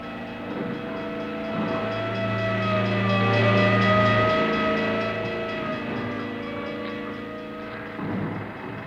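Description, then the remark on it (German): Fire engine sirens wail in long, steady, harmonic tones, swelling louder toward the middle as they pass and then fading away, with no voices over the sound. “Was ist das? Eine Sirene?”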